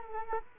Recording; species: mosquito wingbeat signal from an infrared sensor; Culex quinquefasciatus